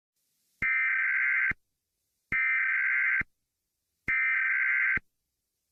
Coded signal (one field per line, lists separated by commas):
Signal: Emergency Alert System (SAME) tones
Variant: header bursts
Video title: Emergency Alert System (Dark Dress Gabrielle)